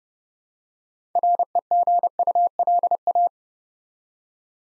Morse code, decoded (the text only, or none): REGULA